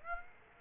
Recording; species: mosquito wingbeat signal from an infrared sensor; Aedes aegypti